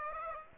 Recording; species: mosquito wingbeat signal from an infrared sensor; Aedes aegypti